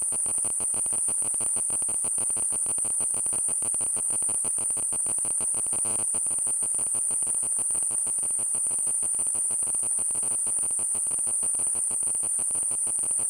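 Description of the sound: A steady, piercing high-pitched tone holds throughout, with a fast, regular pulsing crackle of noise underneath, about two beats a second. This is a simulated tinnitus sound, recreating the constant ringing or hissing a person with tinnitus hears in the ears.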